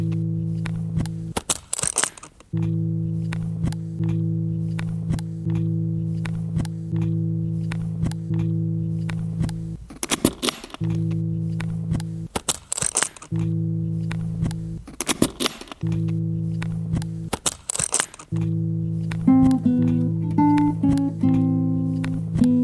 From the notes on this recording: Manipulating a guitar and its case